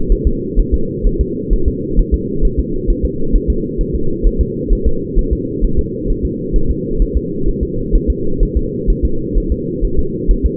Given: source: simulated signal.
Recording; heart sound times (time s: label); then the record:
fetal heart sounds
0.12 s: S1
0.27 s: S2
0.59 s: S1
0.74 s: S2
1.06 s: S1
1.21 s: S2
1.53 s: S1
1.68 s: S2
1.99 s: S1
2.14 s: S2
2.45 s: S1
2.59 s: S2
2.90 s: S1
3.05 s: S2
3.35 s: S1
3.50 s: S2
3.81 s: S1
3.95 s: S2
4.27 s: S1
4.41 s: S2
4.73 s: S1
4.87 s: S2
5.19 s: S1
5.33 s: S2
5.64 s: S1
5.79 s: S2
6.10 s: S1
6.25 s: S2
6.56 s: S1
6.71 s: S2
7.02 s: S1
7.17 s: S2
7.48 s: S1
7.63 s: S2
7.95 s: S1
8.10 s: S2
8.43 s: S1
8.57 s: S2
8.90 s: S1
9.05 s: S2
9.38 s: S1
9.52 s: S2
9.84 s: S1
9.99 s: S2
10.31 s: S1
10.46 s: S2
From the record:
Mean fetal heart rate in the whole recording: 130 bpm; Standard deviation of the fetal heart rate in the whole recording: 2 bpm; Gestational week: 38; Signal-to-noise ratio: -8.1 dB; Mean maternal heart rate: 72 bpm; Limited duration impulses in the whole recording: absent